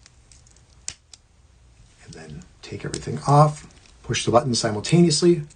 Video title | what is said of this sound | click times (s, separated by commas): Watch Wednesday - Wednesday, January 14th - Full Livestream | Here's the clasp. everything down so you get the audible click and then | 0.9 s